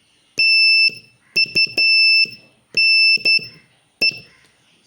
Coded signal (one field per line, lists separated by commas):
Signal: Morse code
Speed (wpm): 12 wpm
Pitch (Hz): 2650 Hz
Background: none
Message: TUNE